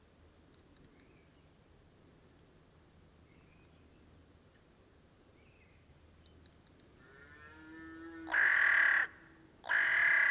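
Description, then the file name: Carrion crow giving two hoarse, grating caws near the end, preceded by two short bursts of high clicking notes. "Corvus corone"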